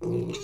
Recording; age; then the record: pig call; weaner (32 to 43 days)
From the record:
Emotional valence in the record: negative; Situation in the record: short isolation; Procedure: open field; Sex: female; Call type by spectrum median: low-frequency call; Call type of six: mixed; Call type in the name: high-frequency modulated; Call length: 0.43 s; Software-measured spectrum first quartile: 232 Hz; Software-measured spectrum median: 382 Hz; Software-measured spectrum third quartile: 973 Hz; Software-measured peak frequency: 360 Hz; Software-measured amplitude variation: 103 dB a second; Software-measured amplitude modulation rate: 20.8 a second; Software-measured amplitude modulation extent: 5.0 dB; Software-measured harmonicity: 3.6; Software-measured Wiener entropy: -1.77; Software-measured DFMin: 1117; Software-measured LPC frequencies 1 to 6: 362, 986, 2670, 3714, 4257, 5673 Hz